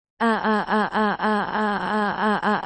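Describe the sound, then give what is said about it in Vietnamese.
A woman's terrified scream, loud and sustained, breaking into rapid wavering pulses roughly four times a second, with a strained, high-pitched voice and no words spoken. “Tôi liều mạng thét chói tai.”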